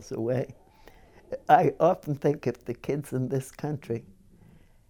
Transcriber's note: none